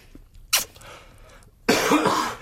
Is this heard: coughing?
yes